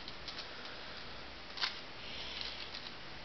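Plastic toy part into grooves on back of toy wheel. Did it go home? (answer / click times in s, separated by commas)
no / none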